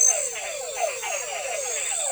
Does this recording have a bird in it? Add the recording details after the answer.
no. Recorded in forest near Pivijay, Magdalena, Colombia, on 17 April 2023 at 23:00. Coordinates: 10.467, -74.380. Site Z5-G034